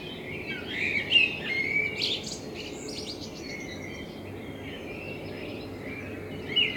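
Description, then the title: Common blackbird giving a mellow warbled phrase with a few high squeaky notes, then a long quiet gap and a brief chirp at the end. Blackbird in front of the recordist's window; captured binaurally with a self-built dummy head, for headphone listening. "Kunstkopfaufnahme der Amsel vor meinem Fenster"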